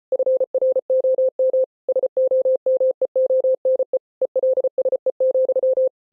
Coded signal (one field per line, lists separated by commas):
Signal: Morse code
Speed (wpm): 33 wpm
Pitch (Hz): 520 Hz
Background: none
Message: FROM SOMEONE ELSE,